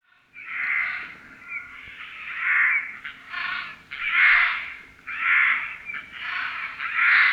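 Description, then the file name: Eurasian jay giving harsh, rasping screeches, several loud bursts, each rough and broad-toned. "Garrulus glandarius"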